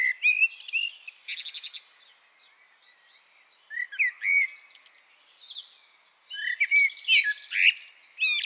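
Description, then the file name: Common blackbird singing mellow, fluty whistled phrases mixed with thin, squeaky twittering notes, with gaps between phrases. "Turdus merula"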